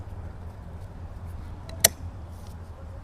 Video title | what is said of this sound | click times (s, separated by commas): How to: Rear Wiper Blade Replace DIY Infiniti EX35 (EX37 as well) Roc Loc type #Wiper #ex35wiper | you heard it snap in place. | 1.9 s